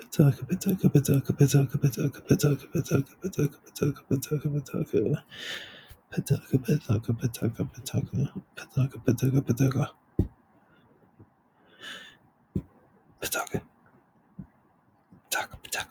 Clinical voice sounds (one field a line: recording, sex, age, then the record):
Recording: repeated syllables /pa ta ka/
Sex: male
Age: 30 to 39 years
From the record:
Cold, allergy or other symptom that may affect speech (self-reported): no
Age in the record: 32 years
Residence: California, United States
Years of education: 18